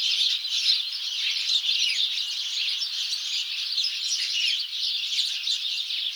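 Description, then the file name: House sparrow group chattering, rapid overlapping chirps forming a steady, dense chorus with occasional slightly louder notes. "Passer domesticus"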